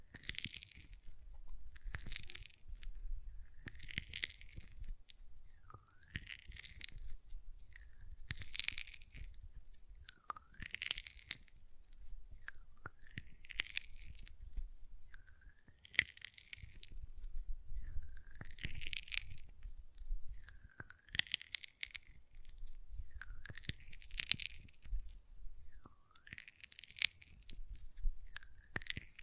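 Hand sounds with lotion: soft, wet squishing and rubbing strokes come in regular bursts about every one to two seconds, bright and hissy, with a faint sticky crackle. Quieter rustling and small taps fill the gaps between strokes throughout.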